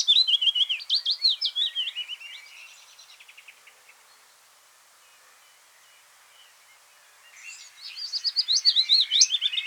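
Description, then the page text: Willow warbler song: two soft cascades of fast whistled notes separated by several seconds of quiet. "Willow Warbler Song. Quick Sounds"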